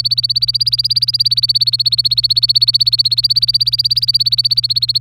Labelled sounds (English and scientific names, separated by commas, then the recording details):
Domestic Canary (Serinus canaria) song
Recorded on 24 April 2018 at 17:17
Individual llb3